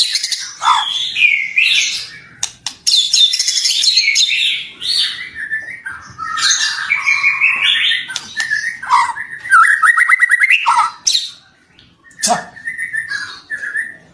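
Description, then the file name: White-rumped shama singing a long, rich medley of fluty whistles, rapid chattering trills and high sweeping notes, pausing briefly near the end before resuming. Master song used for training songbirds. "suara master murai batu"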